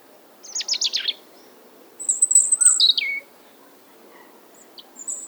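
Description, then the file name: European robin song: a quick cascade of high descending notes, then after a pause thin high whistles and a downslurred trill, and a faint note near the end. "Erithacus rubecula"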